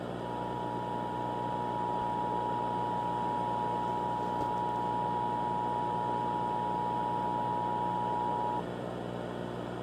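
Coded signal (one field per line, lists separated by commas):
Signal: Emergency Alert System (SAME) tones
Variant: 853 and 960 Hz attention tone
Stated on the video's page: Fictional EAS warning, not a real alert.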